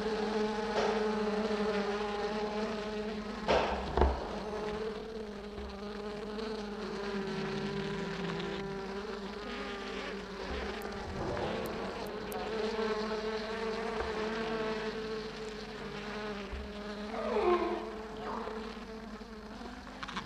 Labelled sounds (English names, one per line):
Honey Bee